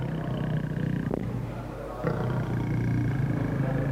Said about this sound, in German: Ich habe so den Eindruck, die Menschen ertragen eigentlich den Sonntag mit viel Geduld, während eben die Tiger hier recht sauer sind und knurren. Vielleicht, weil sie nicht mehr aus dem Tank gelassen werden, ich weiß es nicht.